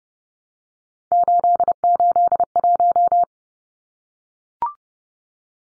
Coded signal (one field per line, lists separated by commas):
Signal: Morse code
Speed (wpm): 30 wpm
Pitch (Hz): 700 Hz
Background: none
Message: 881